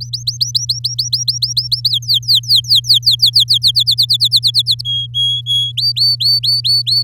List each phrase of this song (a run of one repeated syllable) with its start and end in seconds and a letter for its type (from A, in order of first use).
0.00-1.89 A, 1.90-3.44 B, 3.48-4.81 C, 4.85-5.72 D, 5.77-7.03 E